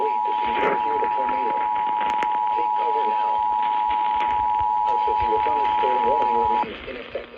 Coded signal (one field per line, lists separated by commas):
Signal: Emergency Alert System (SAME) tones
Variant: 853 and 960 Hz attention tone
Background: speech